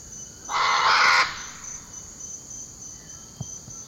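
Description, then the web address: Scarlet macaw letting out a loud, grating screech lasting under a second near the start, then quiet apart from a constant shrill insect hum. Eastern lowlands of South America. "Natures Songs S America Eastern Lowlands. Scarlet Macaw"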